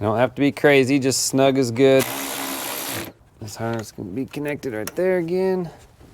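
Someone talks while handling an engine sensor's wiring harness connector beside its plastic socket, with a steady broadband hiss from about 2.0 to 3.1 seconds. The connector has not yet been pushed home, and nothing has seated or clicked yet.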